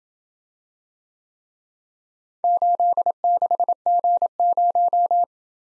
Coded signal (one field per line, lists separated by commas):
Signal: Morse code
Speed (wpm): 27 wpm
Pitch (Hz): 700 Hz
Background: none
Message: 86G0